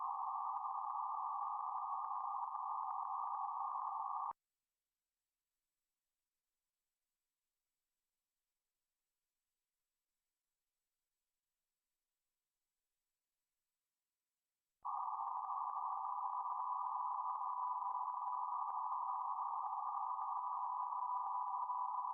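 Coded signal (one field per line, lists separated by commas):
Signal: PSK31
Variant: BPSK31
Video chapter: 0:20 KN4KQJ DE KF5NRU BPSK31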